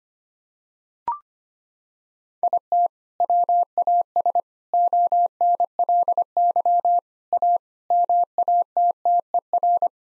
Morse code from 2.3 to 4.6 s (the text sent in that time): IT WAS